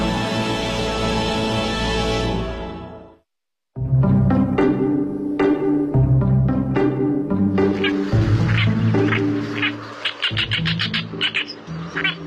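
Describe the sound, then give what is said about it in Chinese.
An Oriental reed warbler, a reed warbler usually about 18 cm long, sings a loud, harsh song of rapid, grating chatters and croaking phrases, following a short sustained tone and a brief moment of silence. “我叫东方大尾鹰，是尾鹰科尾鹰属的鸟类。”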